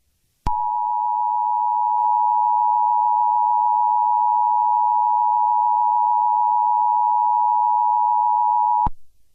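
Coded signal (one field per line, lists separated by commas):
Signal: Emergency Alert System (SAME) tones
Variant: 853 and 960 Hz attention tone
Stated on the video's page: Fake, simulated EAS scenario made up by the uploader.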